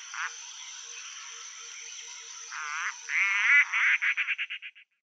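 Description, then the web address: Broad-billed roller harsh calls: a few grating notes, then a fast series of rasping bursts that shorten and fade toward the end, with faint low ticking underneath. Adult birds calling. "Schulze Peter Broad-billed Roller adults calls"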